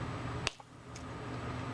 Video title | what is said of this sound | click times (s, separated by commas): Stackable Bracelet Tutorial- Finishing your Final Piece from September's Free Jewelry Class | you hear a pop and mine still needs to go just a little bit more | 0.5 s